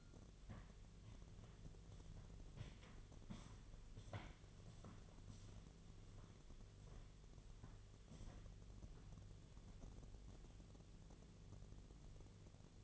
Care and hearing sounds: daily activity, microphone in the room; walk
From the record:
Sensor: 4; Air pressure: 1009.2 hPa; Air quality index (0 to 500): 173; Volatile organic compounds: 5 ppm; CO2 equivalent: 1741 ppm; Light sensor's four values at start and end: 25/77/29/28 and 25/78/30/29

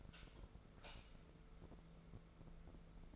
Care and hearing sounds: daily activity, microphone in the room; light off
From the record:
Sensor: 5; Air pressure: 1014.7 hPa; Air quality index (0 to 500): 153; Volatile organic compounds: 4 ppm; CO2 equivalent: 1683 ppm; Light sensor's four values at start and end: 192/461/195/213 and 191/457/194/212

